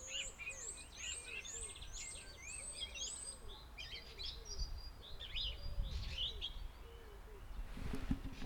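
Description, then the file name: Common starling song of clicks, rattles and whistles over repeated low pigeon coos, with background noise and a noisy burst near the end. Starling heard in the background with a pigeon also present. "Szpak w tle golab"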